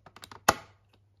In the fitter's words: So you just insert it until it clicks